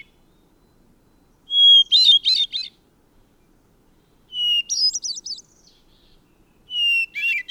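Bird song with three phrases, each a pure whistled note running into a fast twittering flourish, separated by short pauses.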